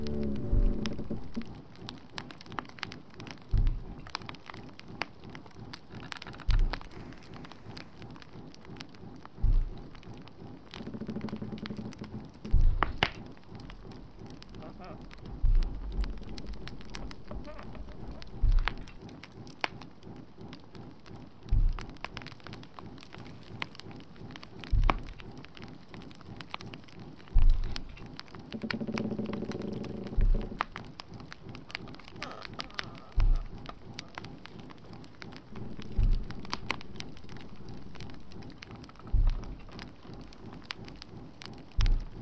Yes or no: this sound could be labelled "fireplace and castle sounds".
yes